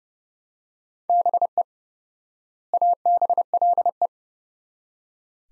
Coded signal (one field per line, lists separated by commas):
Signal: Morse code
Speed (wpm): 30 wpm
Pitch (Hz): 700 Hz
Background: none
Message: BE ABLE